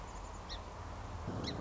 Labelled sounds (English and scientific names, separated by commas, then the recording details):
Song Sparrow (Melospiza melodia)
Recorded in Sonoma County, California